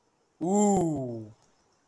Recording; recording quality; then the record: sustained vowel as in boot; excellent, no background noise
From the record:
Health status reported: respiratory illness, not identified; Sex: male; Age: 21 years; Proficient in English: yes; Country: India